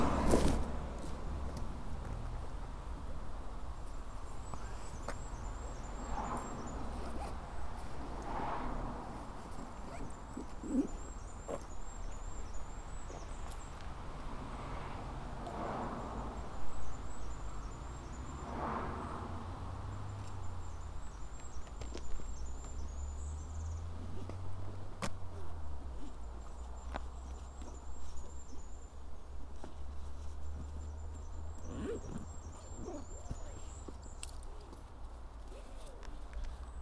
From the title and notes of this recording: Today's walk is from Woodbury Castle to Exmouth along the East Devon Way.